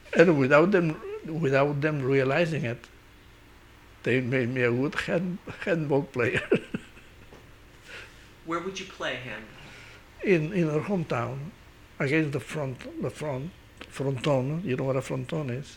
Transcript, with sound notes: And without them, without them realizing it, they made me a good handball - handball player. ( he laughs )
Where would you play handball?
In our home town, against the frontal --.the front -- frontón You know what a fronton is.